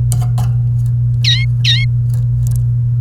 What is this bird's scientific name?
Serinus canaria